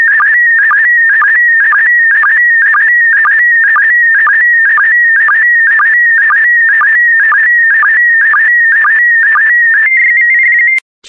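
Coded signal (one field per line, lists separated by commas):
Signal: SSTV (slow-scan television)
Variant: PD120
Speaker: five four three two one so so so transmission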